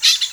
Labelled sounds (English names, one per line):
Brown-throated Parakeet contact call